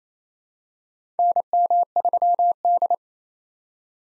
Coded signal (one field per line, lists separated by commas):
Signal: Morse code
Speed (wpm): 27 wpm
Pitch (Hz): 700 Hz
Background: none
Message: NM3D